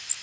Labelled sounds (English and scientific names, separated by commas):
Blackburnian Warbler (Setophaga fusca) flight call